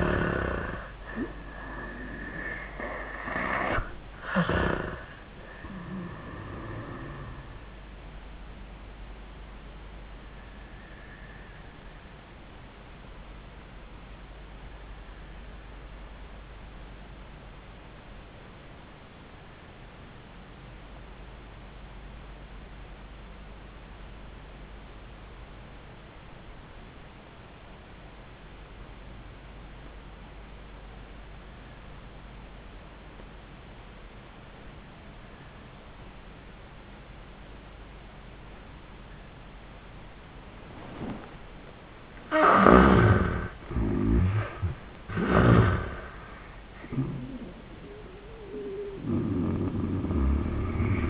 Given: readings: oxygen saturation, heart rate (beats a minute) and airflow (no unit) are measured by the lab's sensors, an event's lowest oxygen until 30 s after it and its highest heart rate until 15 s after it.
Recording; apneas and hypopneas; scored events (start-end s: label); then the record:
breathing in sleep by a voice recorder at the bedside; 1
12.00-42.30 s: obstructive apnea (N2, oxygen 94% highest, then 71% lowest, heart rate 85 at the start, 91 highest)
41.00-51.10 s: new sleep stage, N1 (lightest sleep)
From the record:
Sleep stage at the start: N2 (light sleep); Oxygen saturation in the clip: 71 to 94%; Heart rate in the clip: 78 to 91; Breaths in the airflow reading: 3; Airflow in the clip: -26.3 to 13.2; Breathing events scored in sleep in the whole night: 400 in 8.7 hours asleep